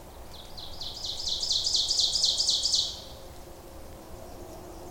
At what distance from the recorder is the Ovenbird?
about 20 m